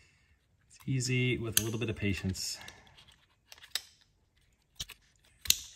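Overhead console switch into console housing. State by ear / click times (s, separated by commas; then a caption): seated / 5.5 s. Someone talks while working the plastic sliding rear window switch of a 2009-2014 Ford F250 into the overhead console housing with patience. A series of small clicks around 3.5 s to 4.9 s leads to a loud snap at 5.5 s as the switch tabs snap in and the switch seats.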